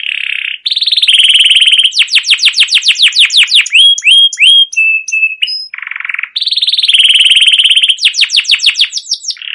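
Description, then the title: Canary song full of energy: buzzy trills, then fast rolling series of sweeping chirps and short whistled notes, repeated after a brief break. Long, continuous rolling canary song, used as a lure to stimulate young canaries to sing and learn the sound. "CUIT CUIT NGEROL LANGSUNG GACOR PANJANG Kenari Ini AMPUH utk Pancingan KENARI PAUD BELAJAR BUNYI"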